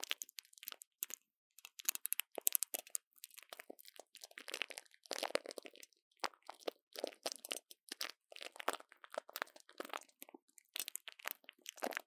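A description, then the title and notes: Plastic wrap is handled and crinkled in quick, irregular bursts of crackling with brief silent gaps between them. The crackles are bright and sharp, with no low end, and the activity continues densely throughout, swelling slightly around the middle. Brain Tingling Mic Brushing | Plastic Wrap | NoTalking.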